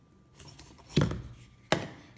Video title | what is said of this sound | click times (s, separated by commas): Dyson Blow Dryer Unboxing 1 | and it snaps right in there | 1.7 s